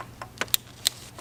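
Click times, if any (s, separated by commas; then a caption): 0.4 s, 0.5 s, 0.9 s. The male end of a RaceChip add-on wiring harness plug is pushed onto an engine sensor's socket on an Audi/VW 2.0L TFSI (Q5, A4, A5), and then its grey plastic locking tab is pressed down. Sharp plastic clicks are heard at 0.4 s, 0.5 s and 0.9 s over a quiet background. The connector is seated and the tab is locked.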